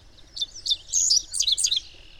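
Bird song: high, thin twittering of quick chirps in short bursts.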